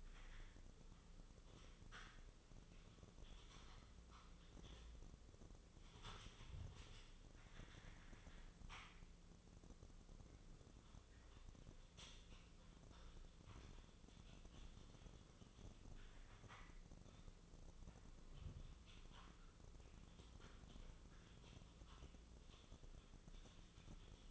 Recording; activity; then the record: daily activity, microphone in the room; typing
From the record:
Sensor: 4